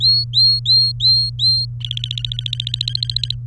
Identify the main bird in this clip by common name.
Domestic Canary